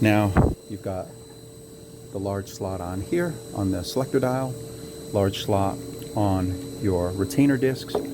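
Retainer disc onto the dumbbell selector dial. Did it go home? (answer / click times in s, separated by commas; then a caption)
no / none. A retainer disc from an Average Joe Disc Fix Kit is being lined up by its large slot with the selector dial of a Bowflex 552 Series 1 & 2 or 1090 dumbbell while someone talks over a steady electrical hum. The disc is handled but not yet home, and nothing has clicked into place yet.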